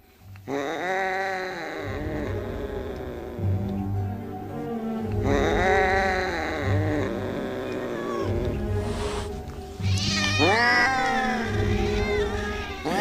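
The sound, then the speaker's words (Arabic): A cat lets out long, drawn-out yowling meows in three separate bursts, wavering and rising in pitch like a caterwaul, loud and alone with no talking. “انا اكتر حاجة ممكن ترعبني في حياتي القطط، معرفش انتوا بتحبوها على ايه.”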